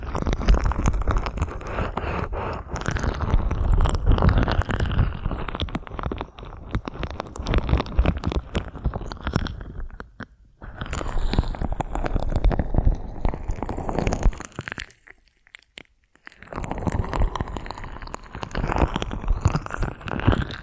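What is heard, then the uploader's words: Dense rubbing and scratching sounds fill most of the recording, with a deep muffled rumble underneath and crisp crackles above, like hands working against a microphone. The texture stays busy and even, broken by two brief near-silent pauses around ten and fifteen seconds. ASMR 3D Ear Massage that Penetrates Your Brain (No Talking).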